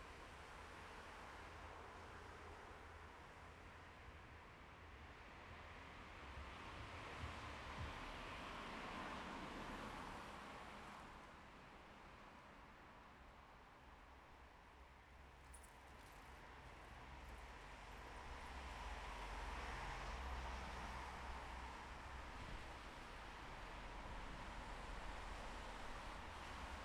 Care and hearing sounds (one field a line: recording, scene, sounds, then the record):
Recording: everyday scene through a hearing-aid microphone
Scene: in traffic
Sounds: traffic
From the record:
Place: bus stop on a city main road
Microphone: behind the ear, left, rear